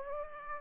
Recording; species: mosquito wingbeat signal from an infrared sensor; Aedes aegypti